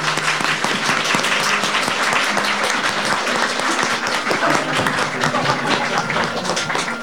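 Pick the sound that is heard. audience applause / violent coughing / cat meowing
audience applause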